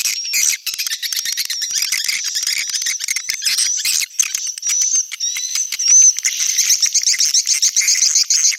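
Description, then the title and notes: Swiftlets keep up a dense, high twittering with a thin whistled note threading through and a brief rising squeak in the second half. Swiftlet farming context, Asia. "Swiflet Bird Sound. Farming Swiflet Bird asia sound"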